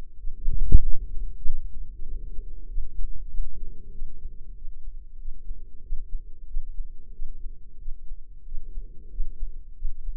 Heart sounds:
heart sounds by microphone in the left ear; 94 bpm
0.17 s: heartbeat
0.81 s: heartbeat
1.43 s: heartbeat
2.05 s: heartbeat
2.67 s: heartbeat
3.29 s: heartbeat
3.91 s: heartbeat
4.54 s: heartbeat
5.18 s: heartbeat
5.82 s: heartbeat
6.46 s: heartbeat
7.12 s: heartbeat
7.78 s: heartbeat
8.44 s: heartbeat
9.10 s: heartbeat
9.75 s: heartbeat
From the record:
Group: healthy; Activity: rest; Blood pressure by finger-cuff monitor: 118/75 mmHg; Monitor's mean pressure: 90 mmHg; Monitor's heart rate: 95 bpm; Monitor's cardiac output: 6.3 L/min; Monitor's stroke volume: 66 mL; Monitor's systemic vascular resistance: 1010 dyn s/cm5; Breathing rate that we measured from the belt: 18 breaths a minute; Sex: female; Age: 43 years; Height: 160 cm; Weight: 90 kg

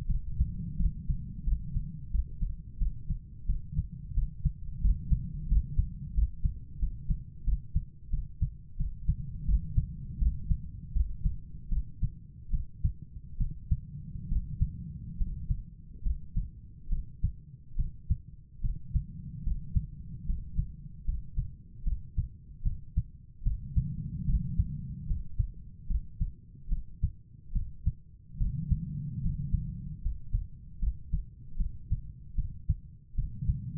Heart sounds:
heart sounds by stethoscope; 78 bpm
0.06 s: heartbeat
0.76 s: heartbeat
1.44 s: heartbeat
2.10 s: heartbeat
2.78 s: heartbeat
3.46 s: heartbeat
4.14 s: heartbeat
4.81 s: heartbeat
5.47 s: heartbeat
6.14 s: heartbeat
6.78 s: heartbeat
7.44 s: heartbeat
8.09 s: heartbeat
8.76 s: heartbeat
9.45 s: heartbeat
10.18 s: heartbeat
10.92 s: heartbeat
11.68 s: heartbeat
12.50 s: heartbeat
13.37 s: heartbeat
14.28 s: heartbeat
15.17 s: heartbeat
16.02 s: heartbeat
16.88 s: heartbeat
17.75 s: heartbeat
18.61 s: heartbeat
19.43 s: heartbeat
20.25 s: heartbeat
21.04 s: heartbeat
21.83 s: heartbeat
22.62 s: heartbeat
23.42 s: heartbeat
24.25 s: heartbeat
25.06 s: heartbeat
25.86 s: heartbeat
26.68 s: heartbeat
27.52 s: heartbeat
28.37 s: heartbeat
29.21 s: heartbeat
30.01 s: heartbeat
30.78 s: heartbeat
31.56 s: heartbeat
32.35 s: heartbeat
33.14 s: heartbeat
From the record:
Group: healthy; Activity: rest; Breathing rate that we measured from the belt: 13 breaths a minute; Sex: female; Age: 32 years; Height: 172 cm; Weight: 71.7 kg

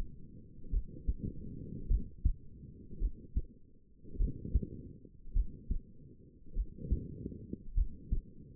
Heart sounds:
heart sounds by stethoscope; 51 bpm
0.71 s: heartbeat
1.89 s: heartbeat
3.00 s: heartbeat
4.18 s: heartbeat
5.34 s: heartbeat
6.54 s: heartbeat
7.75 s: heartbeat
From the record:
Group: healthy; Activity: rest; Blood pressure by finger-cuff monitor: 108/63 mmHg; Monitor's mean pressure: 78 mmHg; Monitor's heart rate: 51 bpm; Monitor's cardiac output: 5 L/min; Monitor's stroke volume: 98 mL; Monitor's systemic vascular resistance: 1120 dyn s/cm5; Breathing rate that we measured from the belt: 23 breaths a minute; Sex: female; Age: 28 years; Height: 170 cm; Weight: 77 kg

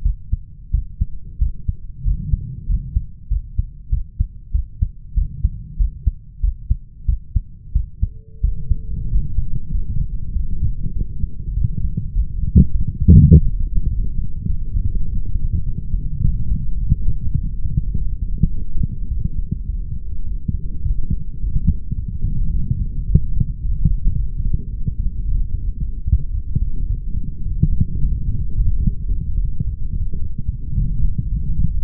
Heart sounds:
heart sounds by stethoscope; 102 bpm
0.05 s: heartbeat
0.73 s: heartbeat
1.41 s: heartbeat
2.06 s: heartbeat
2.69 s: heartbeat
3.31 s: heartbeat
3.92 s: heartbeat
4.54 s: heartbeat
5.16 s: heartbeat
5.79 s: heartbeat
6.43 s: heartbeat
7.08 s: heartbeat
7.75 s: heartbeat
8.43 s: heartbeat
9.11 s: heartbeat
9.73 s: heartbeat
10.35 s: heartbeat
10.96 s: heartbeat
11.56 s: heartbeat
12.16 s: heartbeat
12.74 s: heartbeat
13.32 s: heartbeat
13.91 s: heartbeat
14.49 s: heartbeat
15.08 s: heartbeat
15.66 s: heartbeat
16.24 s: heartbeat
16.81 s: heartbeat
17.38 s: heartbeat
17.95 s: heartbeat
18.53 s: heartbeat
19.11 s: heartbeat
19.69 s: heartbeat
20.27 s: heartbeat
20.85 s: heartbeat
21.42 s: heartbeat
21.98 s: heartbeat
22.54 s: heartbeat
23.09 s: heartbeat
23.64 s: heartbeat
24.18 s: heartbeat
24.73 s: heartbeat
25.27 s: heartbeat
25.81 s: heartbeat
26.34 s: heartbeat
26.90 s: heartbeat
27.45 s: heartbeat
28.01 s: heartbeat
28.57 s: heartbeat
29.11 s: heartbeat
29.66 s: heartbeat
30.21 s: heartbeat
30.77 s: heartbeat
31.33 s: heartbeat
From the record:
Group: healthy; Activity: rest 0-6 s, light exercise 6-32 s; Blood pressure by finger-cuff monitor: 167/100 mmHg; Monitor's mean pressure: 122 mmHg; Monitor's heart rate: 103 bpm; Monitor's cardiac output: 8.1 L/min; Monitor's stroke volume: 79 mL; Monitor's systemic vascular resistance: 1120 dyn s/cm5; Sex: male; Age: 21 years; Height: 175 cm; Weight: 72.6 kg

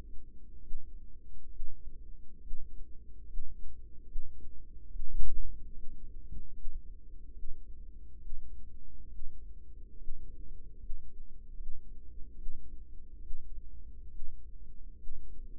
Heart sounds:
heart sounds by microphone in the right ear; 71 bpm
0.58 s: heartbeat
1.47 s: heartbeat
2.38 s: heartbeat
3.22 s: heartbeat
4.02 s: heartbeat
4.86 s: heartbeat
5.70 s: heartbeat
6.50 s: heartbeat
7.30 s: heartbeat
8.16 s: heartbeat
9.06 s: heartbeat
9.94 s: heartbeat
10.75 s: heartbeat
11.53 s: heartbeat
12.33 s: heartbeat
13.18 s: heartbeat
14.06 s: heartbeat
14.93 s: heartbeat
From the record:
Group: healthy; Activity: rest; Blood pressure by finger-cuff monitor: 111/72 mmHg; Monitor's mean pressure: 83 mmHg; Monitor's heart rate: 72 bpm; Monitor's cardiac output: 6.1 L/min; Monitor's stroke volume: 85 mL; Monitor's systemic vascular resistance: 1010 dyn s/cm5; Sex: female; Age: 22 years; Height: 171 cm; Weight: 65.6 kg

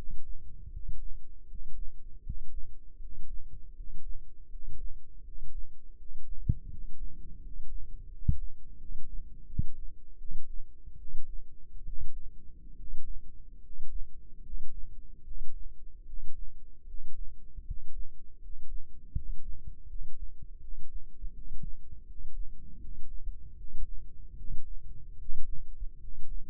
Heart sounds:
heart sounds by microphone in the left ear; 78 bpm
0.69 s: heartbeat
1.46 s: heartbeat
2.21 s: heartbeat
2.97 s: heartbeat
3.73 s: heartbeat
4.48 s: heartbeat
5.22 s: heartbeat
5.95 s: heartbeat
6.67 s: heartbeat
7.39 s: heartbeat
8.08 s: heartbeat
8.76 s: heartbeat
9.45 s: heartbeat
10.16 s: heartbeat
10.96 s: heartbeat
11.84 s: heartbeat
12.74 s: heartbeat
13.59 s: heartbeat
14.40 s: heartbeat
15.22 s: heartbeat
16.04 s: heartbeat
16.85 s: heartbeat
17.63 s: heartbeat
18.39 s: heartbeat
19.12 s: heartbeat
19.86 s: heartbeat
20.59 s: heartbeat
21.32 s: heartbeat
22.04 s: heartbeat
22.78 s: heartbeat
23.55 s: heartbeat
24.34 s: heartbeat
25.16 s: heartbeat
25.98 s: heartbeat
From the record:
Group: healthy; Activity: rest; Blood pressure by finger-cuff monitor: 108/69 mmHg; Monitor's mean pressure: 78 mmHg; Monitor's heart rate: 79 bpm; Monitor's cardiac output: 6.2 L/min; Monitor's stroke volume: 79 mL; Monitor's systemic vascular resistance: 880 dyn s/cm5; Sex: male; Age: 35 years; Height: 180 cm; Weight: 86.9 kg

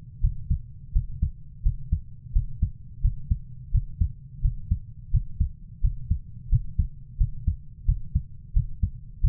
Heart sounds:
heart sounds by stethoscope; 87 bpm
0.21 s: heartbeat
0.92 s: heartbeat
1.62 s: heartbeat
2.32 s: heartbeat
3.01 s: heartbeat
3.71 s: heartbeat
4.41 s: heartbeat
5.11 s: heartbeat
5.81 s: heartbeat
6.49 s: heartbeat
7.17 s: heartbeat
7.85 s: heartbeat
8.53 s: heartbeat
9.21 s: heartbeat
From the record:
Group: healthy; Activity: breath hold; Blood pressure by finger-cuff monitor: 112/71 mmHg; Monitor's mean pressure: 85 mmHg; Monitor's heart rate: 86 bpm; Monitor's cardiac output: 6.9 L/min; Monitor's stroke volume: 83 mL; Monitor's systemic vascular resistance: 880 dyn s/cm5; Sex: female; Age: 24 years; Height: 163 cm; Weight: 55.7 kg

